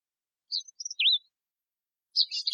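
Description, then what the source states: Black-capped vireo giving quick high notes, including a slurred downward-then-up note, then a burst of buzzy chatter. Texas, 26 June 2005.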